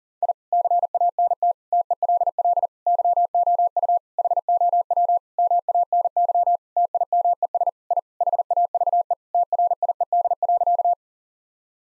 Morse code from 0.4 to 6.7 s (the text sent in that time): CANT TELL YOU HOW MANY